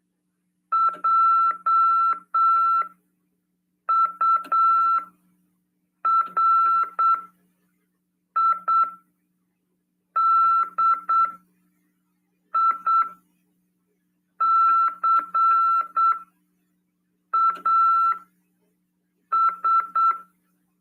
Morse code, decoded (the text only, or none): JURIDICAS